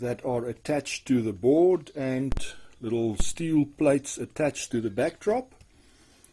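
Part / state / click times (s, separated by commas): removable scenery panel onto model railway layout board and backdrop / seated / 6.2 s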